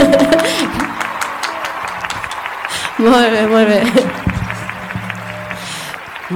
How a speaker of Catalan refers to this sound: Molt bé, aplaudiments, per favor, a veure si sentim des de baix.